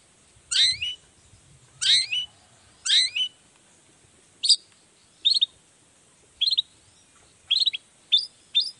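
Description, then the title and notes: Long-tailed shrike song, three harsh descending rasps followed by a string of short sharp chips at uneven intervals. Long-tailed shrike in full song (gacor) in the morning, singing the 'toet toet' variation; said to prompt other shrikes to answer. "Cendet Gacor Dor Di Kala Pagi Toet Toet Variasi Suara. Burung cendet"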